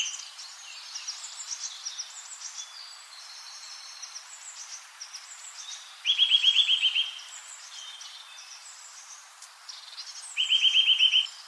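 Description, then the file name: Eurasian nuthatch giving a fast, even trill of clear notes, heard twice, amid high twittering of other birds. "Sitta europaea"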